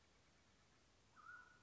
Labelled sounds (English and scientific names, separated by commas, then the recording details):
Mountain Quail (Oreortyx pictus)
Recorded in Sonoma County, California